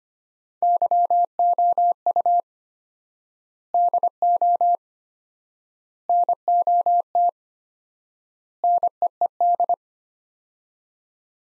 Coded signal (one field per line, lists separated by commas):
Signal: Morse code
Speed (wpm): 25 wpm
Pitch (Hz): 700 Hz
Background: none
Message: YOU DO NOT NEED